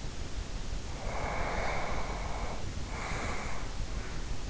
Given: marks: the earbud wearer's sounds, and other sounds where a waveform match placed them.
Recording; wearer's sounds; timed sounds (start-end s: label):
sounds in sleep by an in-ear microphone; breath
0.94-3.80 s: breath